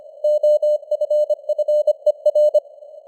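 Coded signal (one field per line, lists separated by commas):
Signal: Morse code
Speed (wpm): 25 wpm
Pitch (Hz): 600 Hz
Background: none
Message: OFFER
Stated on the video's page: Morse code at 25 wpm with simulated radio noise and varying signal strength (QSB).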